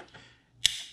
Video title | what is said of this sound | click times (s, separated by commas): Steyr Scout Rifle 6.5 creedmoor unboxing & Table top talk | can hear it makes a quite click sound when it happens | 0.7 s